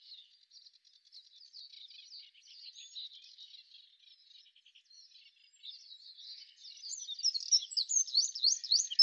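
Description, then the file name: Eurasian wren song beginning as faint, fast, high twittering, then growing louder into sharp rapid notes and quick trills near the end. "Troglodytes troglodytes"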